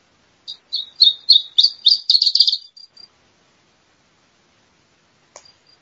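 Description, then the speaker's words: Iberian Chiffchaff song: one phrase of high notes that quicken into a rapid run, ending with a few short thin notes, then quiet and a brief faint sound. Male song. "Mosquitero ibérico, canto del macho."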